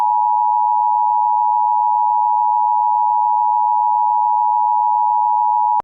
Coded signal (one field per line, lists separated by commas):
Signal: Emergency Alert System (SAME) tones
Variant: 853 and 960 Hz attention tone